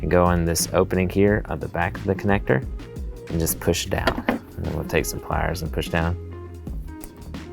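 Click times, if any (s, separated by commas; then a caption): 7.0 s. A single red wire is pushed into the back of a plastic insulation-piercing tap connector, which is squeezed shut with pliers onto the truck harness wire of a 2017–25 F150 Raptor while someone talks over music. A faint click at 7.0 s marks the tap connector closing, and the wire is connected.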